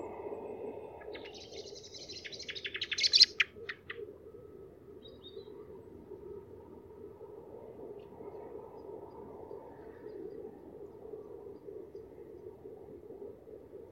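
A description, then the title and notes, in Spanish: A night soundscape with a steady low hum running under the whole clip. Between about one and four seconds a bird calls in a quick series of bright chirps that grow louder before stopping; afterward only the even hum remains. Paisaje sonoro: Una noche de celos.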